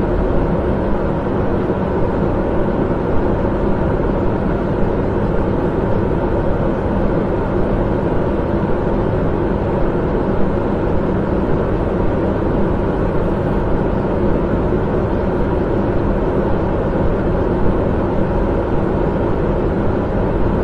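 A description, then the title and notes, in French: A kitchen extractor hood runs at a steady level, a dense, constant roar heavy in the low and middle range with little brightness on top. Nothing changes across the whole stretch; the whir stays even, with no separate events standing out. Hotte aspirante.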